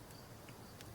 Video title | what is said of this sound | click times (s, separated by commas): Installing a Wikoo radio in my Ford F150 | I've snapped in the thing here after cutting those off and | 0.8 s